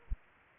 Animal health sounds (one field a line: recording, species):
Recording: mosquito wingbeat signal from an infrared sensor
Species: Aedes aegypti